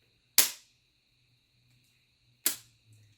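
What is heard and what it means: A medication autoinjector pen is pressed against the skin and its button pushed. It gives two sharp clicks at 0.4 s and 2.5 s: the first as the needle goes down and injects the medication, the second as the needle retracts, leaving the injection done. A steady faint tonal hum runs underneath throughout.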